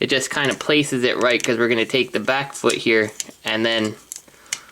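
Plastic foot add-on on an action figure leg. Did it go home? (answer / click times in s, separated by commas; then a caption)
yes / 4.5 s. Someone talks while fitting a plastic foot add-on onto an action figure leg. The back foot is folded down, and a single sharp click at 4.5 s marks the whole assembly locking into place.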